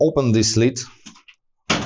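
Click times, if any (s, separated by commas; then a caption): 1.7 s. Someone talks while the front access lid of a Brother DCP-1510E laser printer is swung fully open. A faint tick comes at 1.3 s, then a sharp plastic thunk at 1.7 s as the lid locks open in place.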